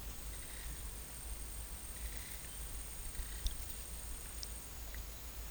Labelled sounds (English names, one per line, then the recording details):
none
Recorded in pastures near Puerto Asís, Putumayo, Colombia, on 22 December 2024 at 10:00
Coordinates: 0.472, -76.329
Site G072